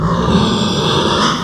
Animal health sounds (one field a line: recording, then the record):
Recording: squeal of a Yucatan mini pig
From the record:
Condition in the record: after surgery on the right vocal fold (resection and tissue-engineered implant)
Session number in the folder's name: 16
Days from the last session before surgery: 183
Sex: female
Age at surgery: 19 weeks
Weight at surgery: 25 kg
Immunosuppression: prednisolone